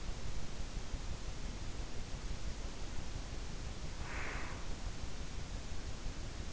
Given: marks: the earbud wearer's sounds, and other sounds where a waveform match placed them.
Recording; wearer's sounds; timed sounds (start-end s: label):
sounds in sleep by an in-ear microphone; breath
4.03-4.68 s: breath